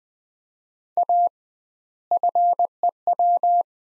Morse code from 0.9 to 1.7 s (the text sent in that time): A